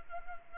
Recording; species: mosquito wingbeat signal from an infrared sensor; Culex pipiens